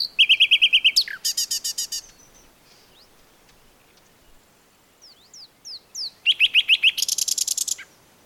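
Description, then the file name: Common nightingale singing fast rattling trills and a dense buzzy burst, a few thin slurred whistles, then another loud trill phrase. "Luscinia megarhynchos"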